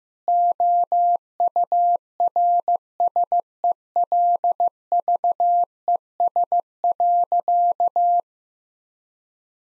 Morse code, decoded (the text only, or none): OURSELVES.